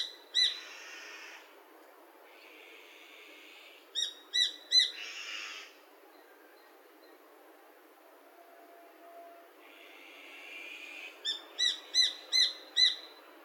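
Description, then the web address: Japanese sparrowhawk calls: sharp, high kik notes in rapid series, three near the middle and five near the end. Wild bird voice from Saitama, Japan, date code 230708. "yacho koe tumi 230708 saitama"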